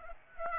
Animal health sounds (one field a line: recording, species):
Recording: mosquito wingbeat signal from an infrared sensor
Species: Aedes aegypti